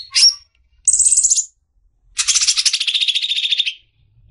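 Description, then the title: Greater green leafbird song: a short high note, a brief harsh rattle, then a longer rapid cackling series that drops slightly in pitch. Long cackling song style (ngekek panjang), used as a master song to train caged songbirds for singing contests. "mster Mnuk. MASTERAN CUCAK IJO NGEKEK PANJANG COCOK BAGI YANG MAU TARUNG KICAU"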